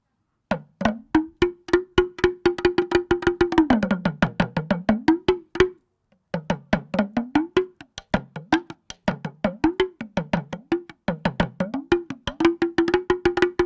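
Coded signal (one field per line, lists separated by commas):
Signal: talking drum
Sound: fast drum strokes with pitch sliding low and back up, brief pause midway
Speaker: Okay, this is a talking drum. Yeah, talking drum. Basically, like, back home, if there's something, this is the instrument we basically use because it's small enough and it's loud. So when you play, people will automatically know that there's something is happening, or maybe there's a new, or there's a wedding is happening somewhere, you know. So we use that, and it can talk. It's like the town crier.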